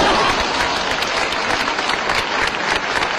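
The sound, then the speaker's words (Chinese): A crowd at a Beijing Literature and Art Radio show claps steadily and loudly for the artists who just performed the traditional crosstalk 'Fu Shou Quan' by Shi Shengjie and Shi Fukuan, a dense, even wash of many hands with no pauses and no voices over it. “观众别误会啊，我不是要掌声，我觉得观众这个热情的掌声是献给刚才为大家表演的那些艺术家的。”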